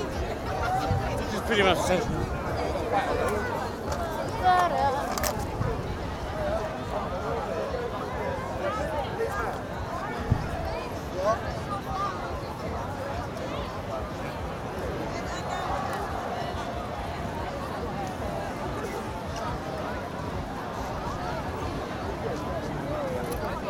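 A night walk through the Glastonbury festival grounds, with a dense, continuous wash of crowd voices and chatter all around. The level stays fairly steady, a little busier in the first six seconds, with occasional sharp knocks and thumps cutting through.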